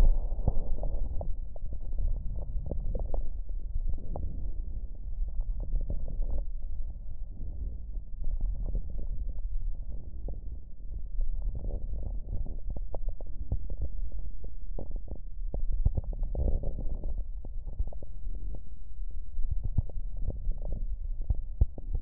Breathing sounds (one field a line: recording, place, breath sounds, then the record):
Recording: lung sounds by stethoscope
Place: right posterior lower chest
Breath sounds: bronchial breath sounds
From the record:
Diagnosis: pneumonia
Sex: male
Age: 64 years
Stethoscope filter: extended mode, 50 to 500 Hz